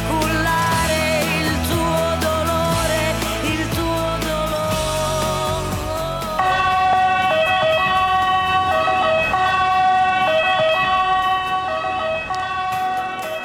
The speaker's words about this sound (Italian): E insomma abbiamo concluso poi con l'ambulanza, ti ricordi, no Parenzo, dopo queste come parole?